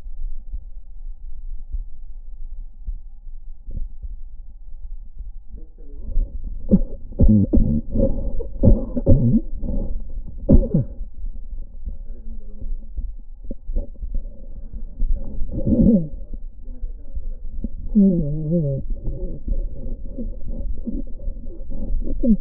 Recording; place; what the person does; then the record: lung sounds by stethoscope; left anterior apical chest; quiet breathing, then cough and speech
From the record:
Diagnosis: interstitial lung disease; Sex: male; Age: 82 years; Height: 158 cm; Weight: 49 kg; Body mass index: 19.6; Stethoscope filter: diaphragm mode